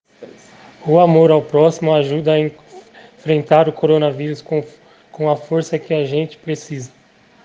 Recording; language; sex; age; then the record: spoken sentence; Brazilian Portuguese; male; 40 to 49 years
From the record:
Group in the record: respiratory insufficiency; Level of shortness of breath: 5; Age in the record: 40 years